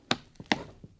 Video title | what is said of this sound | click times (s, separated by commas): Veto TP-XD Bag Tour! Let’s compare with TP-LC and TP-XXL! Is V Swap that awesome? | hear those snap in then you can just press this whole back end back into place | 0.1 s, 0.5 s